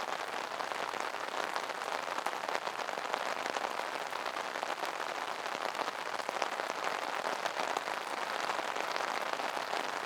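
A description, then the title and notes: Rain patters steadily on an umbrella overhead, a dense, close crackle of countless drops landing at once. The sound stays even and bright throughout, with tiny sharper taps scattered through the constant hiss and little low rumble underneath. Relaxing rain under umbrella. No Thunder.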